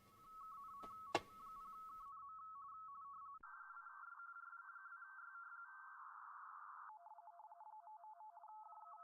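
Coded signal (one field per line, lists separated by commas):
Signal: RTTY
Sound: rapid warbling two-tone chatter, a wider whooshing data burst, then warbling again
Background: clicks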